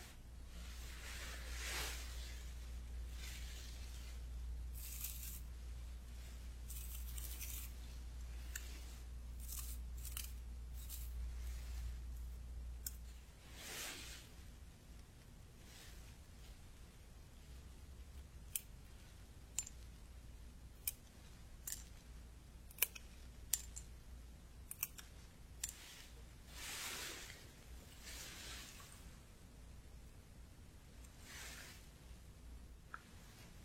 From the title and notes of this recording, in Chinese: 中医配药、捣药触发音。